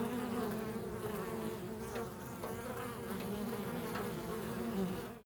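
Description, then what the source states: Bees buzzing steadily, a low droning hum that cuts off at the end. Several bees recorded in a field.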